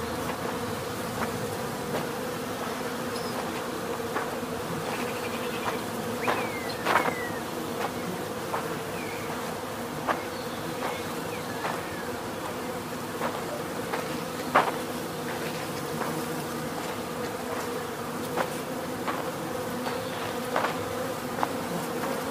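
A dense, steady drone of countless buzzing bees, low and unbroken, with short sharp clicks and taps scattered throughout.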